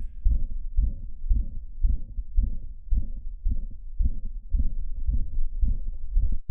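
Regular low heartbeats at about 110 a minute in an adult with mitral valve prolapse, heard by stethoscope during dynamic auscultation. With the patient standing, the murmur becomes nearly holosystolic (nearly pansystolic), filling almost all of systole between the heart sounds and extending from late systole across most of the beat.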